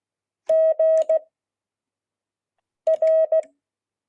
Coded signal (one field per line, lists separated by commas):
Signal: Morse code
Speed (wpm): 16 wpm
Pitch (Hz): 640 Hz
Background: none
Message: G R